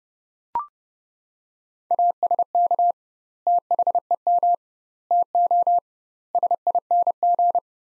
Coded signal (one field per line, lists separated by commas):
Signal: Morse code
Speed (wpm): 30 wpm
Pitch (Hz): 700 Hz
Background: none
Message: ASK THEM TO SING